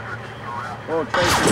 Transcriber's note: soundbite of rooster crowing; soundbite of gunfire